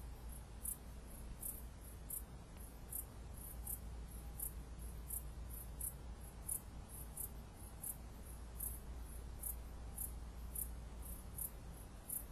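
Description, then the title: Cicada song made of brief, shrill, high buzzing bursts in a steady series, with a constant low rumble underneath. "jsfanclub_cicada"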